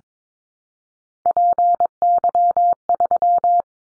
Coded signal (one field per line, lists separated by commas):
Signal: Morse code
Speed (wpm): 22 wpm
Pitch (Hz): 700 Hz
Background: none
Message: PY3